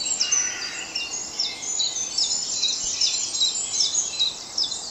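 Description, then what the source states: Birds in dawn chorus, overlapping bright, high twitters and short trills throughout. Dawn chorus at dawn.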